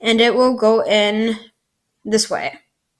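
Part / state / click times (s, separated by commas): insulin cartridge into insulin pump / not seated / none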